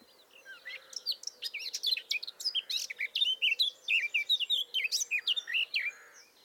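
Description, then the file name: Eurasian blackcap warbling song, a fast, continuous run of varied chirps, slurred whistles and scratchy notes lasting about six seconds over a faint low hum. "Sylvia atricapilla"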